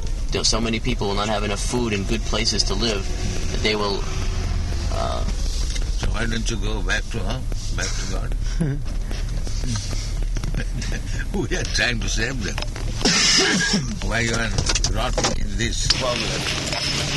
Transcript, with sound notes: So many people will not have enough food and good places to live that they will...
So why don't you go back to home, back to Godhead? [laughs] We are trying to save them. Why you are rotting in this problem?